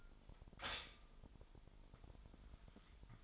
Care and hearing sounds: daily activity, microphone in the room; stop toaster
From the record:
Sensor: 5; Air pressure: 1002.1 hPa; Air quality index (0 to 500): 208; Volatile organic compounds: 20 ppm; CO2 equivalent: 2700 ppm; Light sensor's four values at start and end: 33/107/41/43 and 33/108/41/43

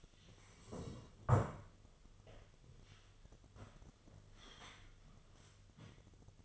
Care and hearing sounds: daily activity, microphone in the room; sit down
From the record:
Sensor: 4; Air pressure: 1005.9 hPa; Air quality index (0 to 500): 100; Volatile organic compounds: 2 ppm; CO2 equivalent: 1238 ppm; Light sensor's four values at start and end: 13/29/11/10 and 13/29/11/10

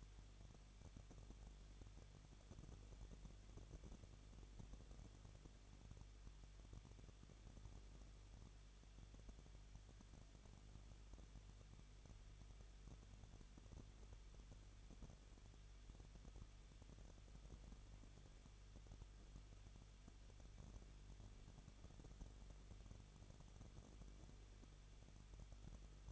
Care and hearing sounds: daily activity, microphone in the room; no activity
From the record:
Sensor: 4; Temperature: 23.0 degrees Celsius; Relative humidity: 33.9%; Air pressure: 1007.2 hPa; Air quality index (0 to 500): 216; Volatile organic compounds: 15 ppm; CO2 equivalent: 2493 ppm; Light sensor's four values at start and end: 2/3/1/1 and 2/3/1/1

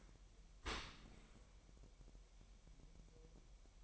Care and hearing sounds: daily activity, microphone in the room; open dishwasher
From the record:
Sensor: 1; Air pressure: 1000.4 hPa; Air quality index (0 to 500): 247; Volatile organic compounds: 141 ppm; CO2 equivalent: 3981 ppm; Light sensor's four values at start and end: 11/27/11/12 and 11/27/11/12

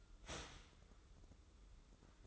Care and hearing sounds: daily activity, microphone in the room; start toaster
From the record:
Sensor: 3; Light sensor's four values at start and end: 18/53/23/19 and 18/53/23/19

